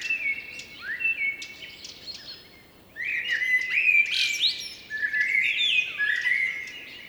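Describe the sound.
Blackbird song of rich whistled phrases, a softer opening followed by louder, rising fluted notes broken by high thin chatter.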